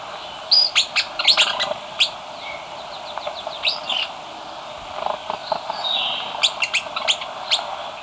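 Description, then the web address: Jelski's chat-tyrant giving high, sharp chipping notes in loose bursts, with scattered thin chirps and a soft background hiss throughout. Ecuador. "Birds of Ecuador 3-12 Jelski's Chat-Tyrant"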